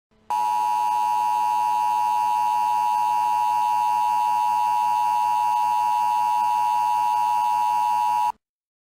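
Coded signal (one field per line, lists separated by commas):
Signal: Emergency Alert System (SAME) tones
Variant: 853 and 960 Hz attention tone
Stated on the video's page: South Korean emergency alert alarms.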